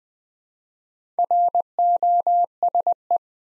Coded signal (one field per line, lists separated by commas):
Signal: Morse code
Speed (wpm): 20 wpm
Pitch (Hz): 700 Hz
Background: none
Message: ROSE